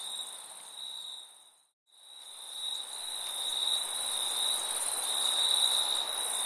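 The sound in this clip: Cricket chirping as a high continuous trill. It cuts to a brief silence near two seconds, then resumes and grows louder, with a thin higher buzz throughout.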